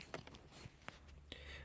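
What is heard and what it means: The plastic socket end of a prepared wiring cable is plugged into the back of a USB port being fitted to the front console of an Opel Astra J. A few soft taps and handling noises come first, then a sharp transient at 0.9 s and a click at 1.3 s. The socket goes on but only partly seats on the port.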